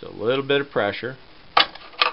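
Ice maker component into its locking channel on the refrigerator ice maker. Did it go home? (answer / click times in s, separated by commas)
partly / 1.6 s, 2.0 s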